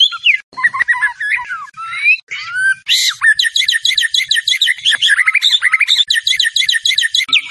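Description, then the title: White-rumped shama singing a dense, varied phrase of slurred whistles and buzzy notes, ending in quick high twittering runs. Masteran training song used to teach champion birds. "Masteran Murai Batu Juara"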